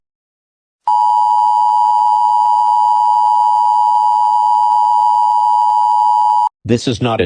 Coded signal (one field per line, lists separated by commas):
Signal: Emergency Alert System (SAME) tones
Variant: 853 and 960 Hz attention tone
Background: speech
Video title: EAS SCENARIO: ornithophobia